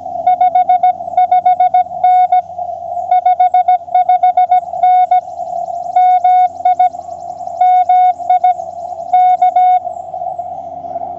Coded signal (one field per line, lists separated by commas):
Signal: Morse code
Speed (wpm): 17 wpm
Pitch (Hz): 1460 Hz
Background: radio noise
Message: 55N 55N MI MI K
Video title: CW POTA Practice - Lake Norman State Park US-2740